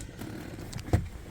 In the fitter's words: and you can just it won't go anywhere else it'll go on in one place and then push until it clicks